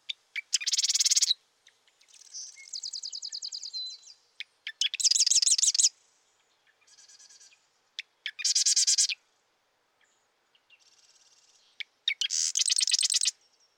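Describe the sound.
Marsh wren giving repeated rattling, buzzy trills preceded by sharp ticks, interspersed with softer gurgling and chattering passages, several songs over the span.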